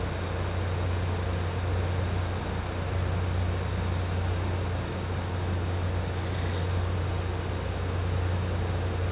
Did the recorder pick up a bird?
no